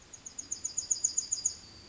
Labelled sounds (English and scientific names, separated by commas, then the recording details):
Yellowhammer (Emberiza citrinella) song
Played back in forest
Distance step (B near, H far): E
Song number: 158